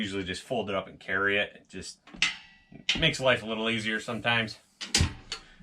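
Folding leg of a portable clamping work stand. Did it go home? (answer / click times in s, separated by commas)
yes / 5.0 s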